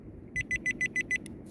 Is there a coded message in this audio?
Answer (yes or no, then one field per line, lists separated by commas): no